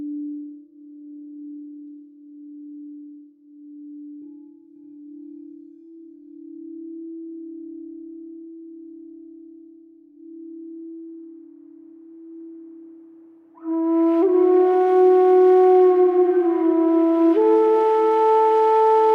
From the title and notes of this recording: Healing sound bath.